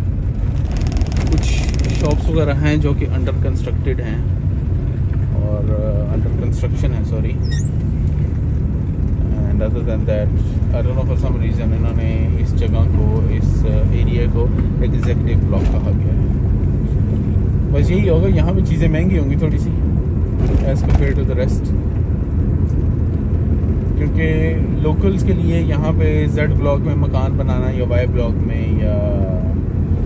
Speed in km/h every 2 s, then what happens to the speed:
12, 13, 16, 16, 17, 19, 21, 21, 23, 25, 25, 27, 27, 28, 28.
0-18 speeds up to 25. 18-30 steady at about 27.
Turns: none.